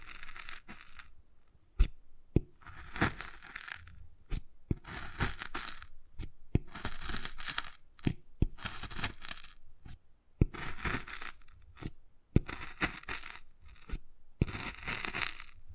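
Wood carving sounds come in bursts of bright scraping and scratching, each lasting about a second, with short quiet gaps between them. Sharp taps and clicks cut in every second or two, some standing alone, giving a busy, irregular rhythm throughout.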